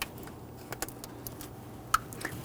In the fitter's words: push that down on. You're going to feel it and hear it click in and engage.